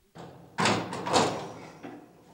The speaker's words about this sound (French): Finalement, il décide d'entrer. Il pousse la porte